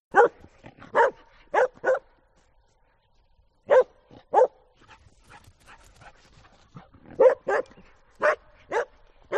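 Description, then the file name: Dog barking in short bursts, a quick run of four barks, a pause, then scattered single barks and another rapid series near the end. "audio hero Dog"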